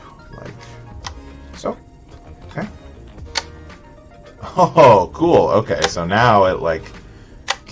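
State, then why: Seated. A plastic brick mechanism in a Lego 10279 Volkswagen camper van model is pushed until it clicks into place, with a sharp click at 7.5 s. Someone talks throughout, and music plays in the background.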